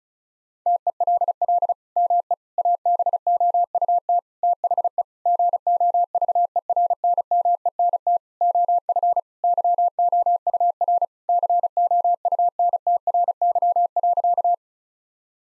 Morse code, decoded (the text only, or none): TELL ME ABOUT THE GOVERNMENT OF YOUR COUNTRY.